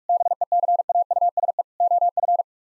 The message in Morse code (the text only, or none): BECAUSE OF